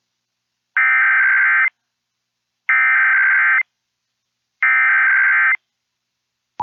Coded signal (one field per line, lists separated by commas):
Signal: Emergency Alert System (SAME) tones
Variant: header bursts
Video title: EAS Required Monthly Test Arkansas and Iowa Statewide Tests +WeatherSTAR4000